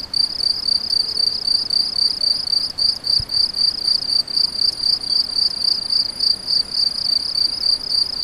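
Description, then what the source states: Crickets giving a continuous high shrill chirping, pulsed about four times each second, steady and unbroken throughout. Several crickets; recorded on an MZ-N710; dated 7 05 14.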